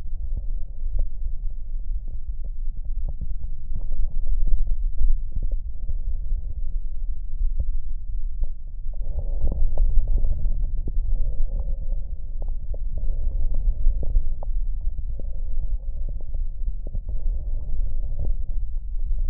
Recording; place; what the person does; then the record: lung sounds by stethoscope; left anterior apical chest; quiet breathing, then deep breathing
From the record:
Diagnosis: COPD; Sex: male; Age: 77 years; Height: 172 cm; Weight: 94 kg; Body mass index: 31.8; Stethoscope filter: extended mode